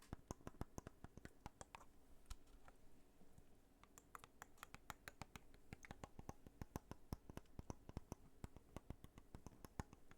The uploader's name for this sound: water bottle sounds water flowing & plastic tapping